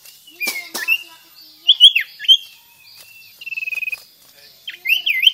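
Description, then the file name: Sirtu song: clicks and brief high whistles, a short even trill of rapid notes, then more twisting chirped phrases. Vigorous singing style called gacor. "Suara Burung Sirtu Auto Gacor"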